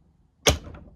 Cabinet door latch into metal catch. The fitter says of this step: then this is the closing of the door you'll be able to hear that latch oh